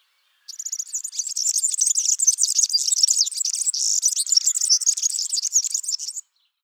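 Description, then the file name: European serin song, a high, fast, jingling buzzy trill held for about six seconds without a break. "Serinus-serinus Trilar"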